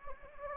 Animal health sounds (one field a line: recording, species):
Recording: mosquito wingbeat signal from an infrared sensor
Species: Anopheles gambiae